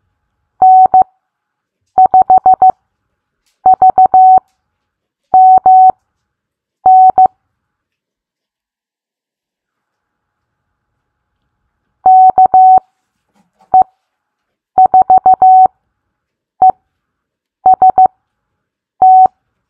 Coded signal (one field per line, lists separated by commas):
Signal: Morse code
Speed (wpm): 15 wpm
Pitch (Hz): 750 Hz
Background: none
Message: N5VMN KE4EST